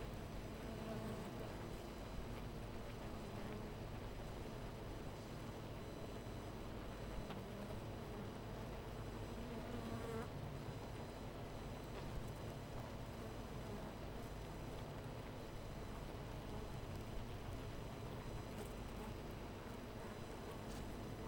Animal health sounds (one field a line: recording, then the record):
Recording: honeybee colony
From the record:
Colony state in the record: missing queen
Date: 14 July 2017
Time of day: 12:52